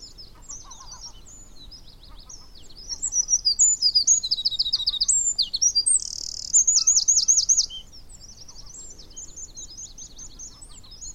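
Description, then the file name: Eurasian wren song bursts out midway, a fast high trilling run with a rattling buzz, with fainter high twittering before and after. "Troglodytes troglodytes"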